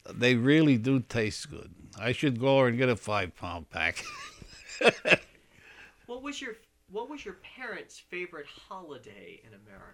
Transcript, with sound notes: they really do taste good. I should go over and get a five pound pack. (he laughs)
What was your, what was your parents' favorite holiday in America?